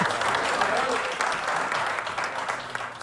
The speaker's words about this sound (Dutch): Er is als de bondscoach en ook middenvelder Moises Caicedo de perszaal verlaten, zelfs vanuit het Ecuadoriaanse journaal, een bescheiden applausje te horen.